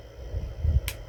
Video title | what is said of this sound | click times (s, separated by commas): Proactive in Poverty: Engine rebuild at home | So, once you hear the click, that is set to the desired amount, and you do not want to go past it. | 0.9 s